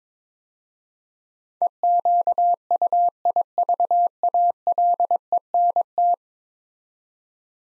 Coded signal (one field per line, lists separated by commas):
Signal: Morse code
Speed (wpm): 23 wpm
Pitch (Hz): 700 Hz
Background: none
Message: EQUIVALENT